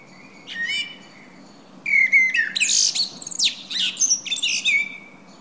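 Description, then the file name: Common blackbird song: a brief whistled note, then a longer tumbling phrase of mellow whistles and shrill twittering notes. "Turdus merula"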